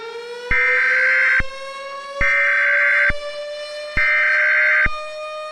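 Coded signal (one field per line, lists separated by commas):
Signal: Emergency Alert System (SAME) tones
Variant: header bursts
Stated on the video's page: Fictional EAS scenario set in Oklahoma City; simulated alert.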